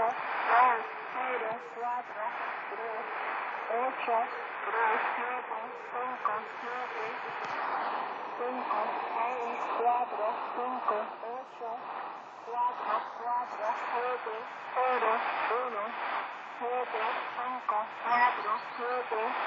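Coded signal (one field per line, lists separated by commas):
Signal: numbers station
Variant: V02 Spanish lady, Spanish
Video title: 10345khz spanish lady V02 Number station HM01 Zahlensender 2014.6.29 Shortwave Kurzwelle DX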